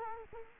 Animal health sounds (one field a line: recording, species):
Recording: mosquito wingbeat signal from an infrared sensor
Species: Culex quinquefasciatus